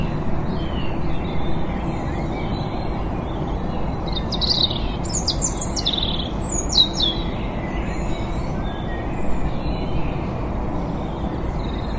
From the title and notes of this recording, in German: Before Sunrise. Aufgenommen ab 5:30 Uhr morgens bei uns im Garten. Das Rauschen im Hintergrund ist die recht weit entfernte Autobahn und im Vordergrund die Vögel in unserem Garten, die vor der Sonne aufwachen.